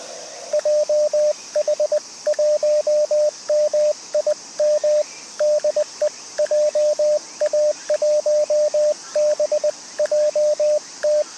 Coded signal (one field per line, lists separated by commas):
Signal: Morse code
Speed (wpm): 20 wpm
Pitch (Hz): 590 Hz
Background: radio noise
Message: JH1MIM DE JA1BJT